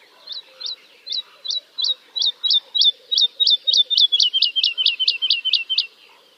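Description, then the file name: Woodlark song: a phrase of about twenty short, sharp notes that starts spaced and quickens, sliding slightly lower toward the end, over a quiet background. "kicau master woodlark omkicau"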